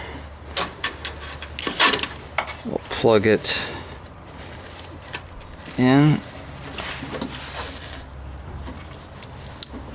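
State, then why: Seated. On a 2014 Ford SVT Raptor, the wiring plug of a new rear corner marker light is fed through and pushed into the light while someone talks over handling noises. A sharp, short click at 9.6 s confirms the connector has seated.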